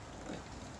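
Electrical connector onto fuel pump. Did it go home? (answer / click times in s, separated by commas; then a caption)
no / none. An electrical connector, a plastic plug on a plastic socket, is handled at the fuel pump side of the harness on a BMW E46 330i during a fuel pump replacement. Only a low, steady rustle is heard, with a slight swell around 0.3 s. Nothing has seated or clicked yet.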